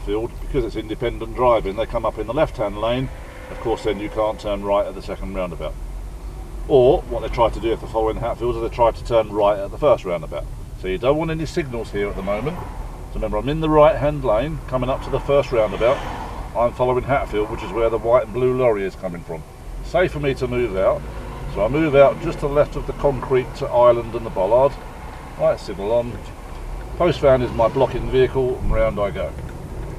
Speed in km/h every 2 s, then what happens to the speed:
6, 5, 10, 11, 13, 11, 13, 8, 6, 11, 11, 5, 6, 15, 21.
2-8 speeds up to 13. 8-20 steady at about 11. 20-23 slows to 5. 23-30 speeds up to 21.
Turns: 24-28.